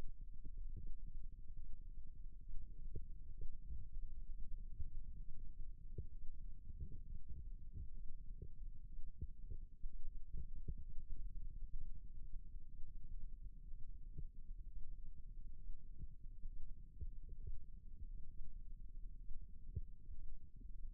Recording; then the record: forearm muscle sounds (acoustic myography)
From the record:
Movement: rest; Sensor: system 2, bracelet of six BSWA MPA416 microphones around the upper forearm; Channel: 2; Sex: male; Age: 22 years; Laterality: right